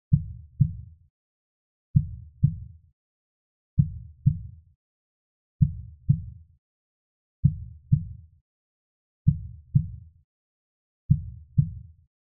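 Deep, paired lub-dub thumps repeat steadily at about 33 beats a minute, with long silent gaps between beats and nothing else in the background. A slow heartbeat, a sound effect.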